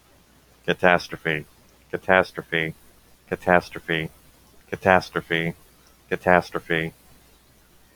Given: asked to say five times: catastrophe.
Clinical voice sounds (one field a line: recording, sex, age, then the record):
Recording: repeated word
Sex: male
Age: 20 to 29 years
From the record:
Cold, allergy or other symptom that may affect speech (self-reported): no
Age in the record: 28 years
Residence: Florida, United States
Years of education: 15